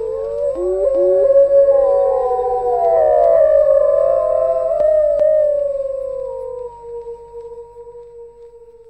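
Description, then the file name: Wolf howls rising together into a long, swelling chorus, then fading as one steady falling tone trails away. Several wolves howling. "Sound Effects Factory - Wolfs Howling"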